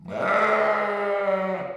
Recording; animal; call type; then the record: contact call of a hoofed animal; sheep; low-frequency (closed-mouth) or high-frequency (open-mouth) call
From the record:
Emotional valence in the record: negative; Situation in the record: short social isolation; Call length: 1.77 s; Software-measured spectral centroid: 1450 Hz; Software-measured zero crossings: 1690 a second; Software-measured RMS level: -24 dBFS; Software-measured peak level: -11 dBFS